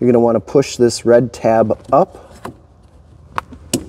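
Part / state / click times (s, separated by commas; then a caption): locking tab on the door wiring harness connector of an off-road vehicle / released / 3.4 s, 3.7 s. Someone talks, then a red plastic locking tab on the door wiring harness connector of an off-road vehicle is pushed up. It snaps with sharp clicks at 3.4 s and 3.7 s, unlocking the connector so it can be released.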